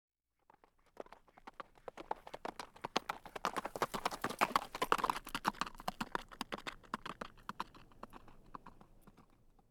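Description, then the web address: Horse cantering, with rapid thudding hoofbeats in an uneven rolling rhythm that grow louder toward the middle and then fade away. Horse cantering past on dirt ground. "horse canter by on dirt"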